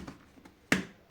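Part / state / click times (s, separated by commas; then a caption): rotating part of a paper trimmer locking into its detent on the machine / seated / 0.7 s. The rotating part of a paper cutting machine (paper trimmer) is turned, with two faint soft ticks near 0.1 s and 0.5 s. At 0.7 s it locks into its detent with a single loud, sharp click, showing it has seated in position.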